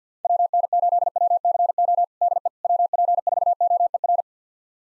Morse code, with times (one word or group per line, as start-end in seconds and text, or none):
0.2-2.0 WN8WCO
2.2-2.5 DE
2.6-4.2 WP4OER